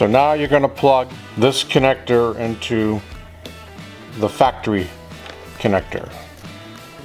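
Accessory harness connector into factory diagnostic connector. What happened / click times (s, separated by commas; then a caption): The connector is being handled but has not clicked home yet / none. An LJE Products WhiteOut accessory light harness power connector is handled next to the factory diagnostic connector on a Ski-Doo Gen 4 snowmobile, ready to be pushed in. Someone talks over background music, with a brief sharp sound at 3.5 s. Nothing has seated or clicked yet.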